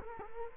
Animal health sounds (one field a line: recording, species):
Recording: mosquito wingbeat signal from an infrared sensor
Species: Culex quinquefasciatus